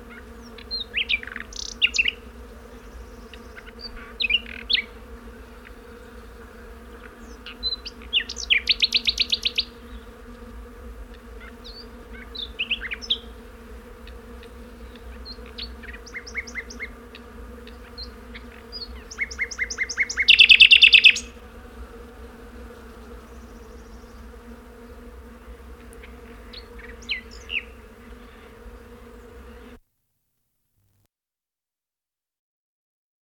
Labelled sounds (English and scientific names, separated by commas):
Common Nightingale (Luscinia megarhynchos) song